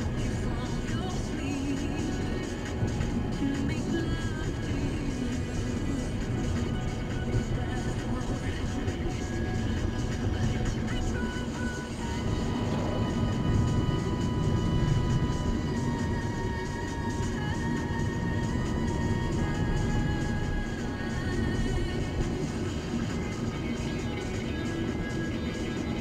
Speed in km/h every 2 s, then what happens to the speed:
52, 52, 52, 52, 51, 48, 44, 44, 44, 45, 47, 47, 49.
0-8 steady at about 52. 8-13 slows to 44. 13-26 steady at about 45.